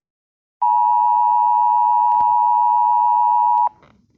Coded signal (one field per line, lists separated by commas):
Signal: Emergency Alert System (SAME) tones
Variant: 853 and 960 Hz attention tone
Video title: Eas scenario/atomic 2008